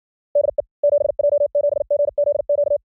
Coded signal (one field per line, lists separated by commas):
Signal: Morse code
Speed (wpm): 56 wpm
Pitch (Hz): 620 Hz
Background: none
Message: DE 7J7GZQ